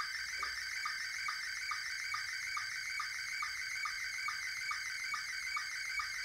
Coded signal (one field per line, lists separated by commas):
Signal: SSTV (slow-scan television)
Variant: Scottie 1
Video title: SSTV using Raspberry pi